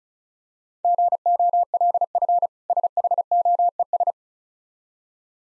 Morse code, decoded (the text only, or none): GOLF SHOES